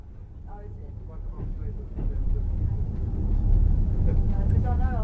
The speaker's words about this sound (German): Unser Zug setzt sich erneut in Bewegung, um sich weiter dem heimlichen Höhepunkt unserer Reise zu nähern, dem Baikalsee.